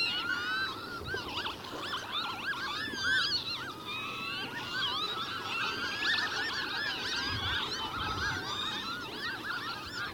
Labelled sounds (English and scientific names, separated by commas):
Northern Lapwing (Vanellus vanellus) call